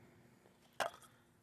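A used oil filter element is pulled out of the plastic filter housing cap on a 2017-2019 Chrysler Pacifica during an oil change. It releases with a single sharp pop at 0.8 s over quiet background noise. The old element comes free of the cap.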